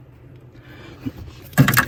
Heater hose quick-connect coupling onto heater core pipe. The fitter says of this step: other end snapped in, which you could just push on with your fingers until you hear the click.